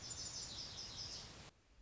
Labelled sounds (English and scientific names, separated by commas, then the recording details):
Lazuli Bunting (Passerina amoena)
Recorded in Sonoma County, California